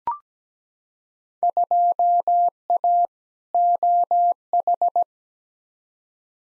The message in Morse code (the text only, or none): 2A OH